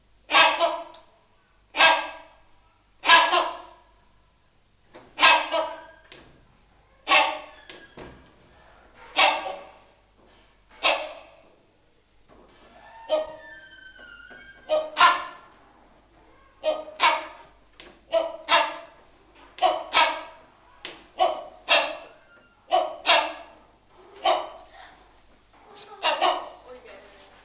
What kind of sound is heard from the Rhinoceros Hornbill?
call